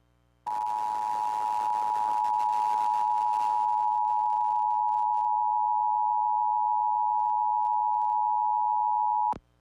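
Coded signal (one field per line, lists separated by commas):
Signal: Emergency Alert System (SAME) tones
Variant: 853 and 960 Hz attention tone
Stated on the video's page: Ohio EAS Required Monthly Test header aired on an FM station out of Bryan.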